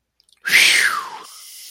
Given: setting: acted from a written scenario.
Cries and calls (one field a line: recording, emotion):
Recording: vocal sound without words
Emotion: relief